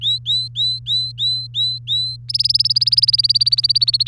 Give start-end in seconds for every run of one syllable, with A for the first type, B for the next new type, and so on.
0.01-2.16 A, 2.29-4.08 B